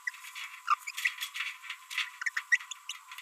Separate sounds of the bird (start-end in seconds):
0.68-0.74, 2.52-2.57